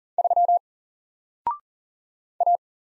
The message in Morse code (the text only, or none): 3 A